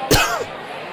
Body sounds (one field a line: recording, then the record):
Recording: coughing mixed with background sound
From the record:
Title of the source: Coughing 51